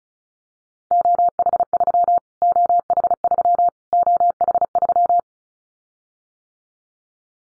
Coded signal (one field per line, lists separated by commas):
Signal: Morse code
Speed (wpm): 34 wpm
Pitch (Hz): 700 Hz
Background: none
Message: OH3 OH3 OH3